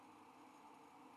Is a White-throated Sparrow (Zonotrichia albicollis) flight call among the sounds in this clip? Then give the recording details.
no. No flight call is heard. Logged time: 03:39 on 5 December 2014